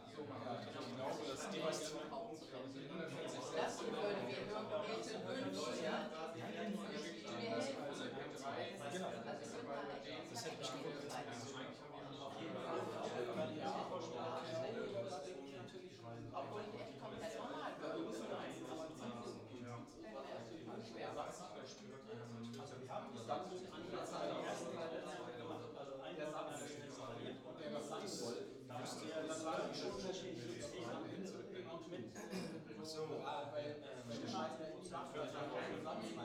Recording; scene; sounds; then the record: everyday scene through a hearing-aid microphone; many people talking; many voices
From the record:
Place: bistro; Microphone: in the ear canal, left